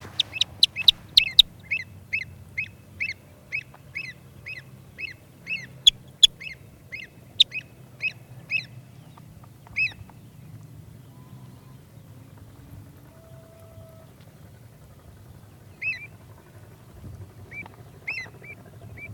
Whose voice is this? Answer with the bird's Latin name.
Recurvirostra avosetta